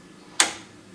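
A small silver release tab is pressed and the lens turret of an Omega Super Chromega D enlarger is rotated until the 80mm lens clicks into position in its turret mount. A single sharp, bright click sounds at 0.4 s and fades over about a fifth of a second against a quiet background. The 80mm lens is seated in place.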